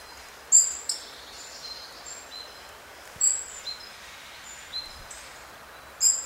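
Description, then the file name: European robin uttering a series of short, high, sharp call notes at uneven intervals, some followed by fainter thin lower notes, over steady background hiss. "Erithacus rubecula"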